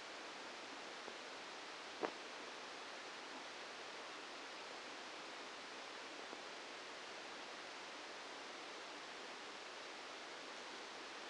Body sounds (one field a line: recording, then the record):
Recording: brain microelectrode recording played as sound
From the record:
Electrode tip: inside the subthalamic nucleus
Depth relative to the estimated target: 1 mm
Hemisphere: right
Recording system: NeuroSet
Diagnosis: Parkinson's disease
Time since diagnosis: 8 years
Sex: male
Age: 65 years